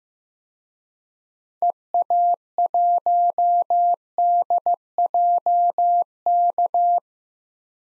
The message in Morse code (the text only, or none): EA1DJK